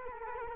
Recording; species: mosquito wingbeat signal from an infrared sensor; Culex quinquefasciatus